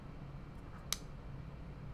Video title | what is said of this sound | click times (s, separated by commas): PNG Online - Kano Pixel Kit Unboxing | So we're just going to line those up and make sure everything snaps in place. | 0.9 s